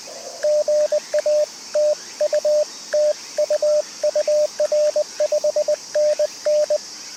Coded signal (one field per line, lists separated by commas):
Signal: Morse code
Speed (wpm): 20 wpm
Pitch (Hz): 590 Hz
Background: radio noise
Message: GA TU TU UR 5NN